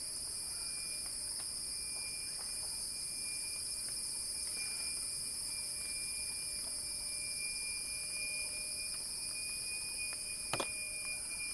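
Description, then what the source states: Cicada song humming continuously at a high pitch without pause, with scattered light ticks and one sharper click near the end. Cicada song building in a crescendo.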